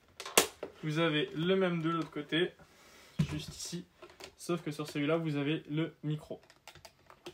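An airsoft headset ear cup is pushed inward onto the pre-positioned side rail on a helmet and clicks into place at 0.4 s. Someone talks through most of the clip, and a few more small clicks and knocks follow near the end.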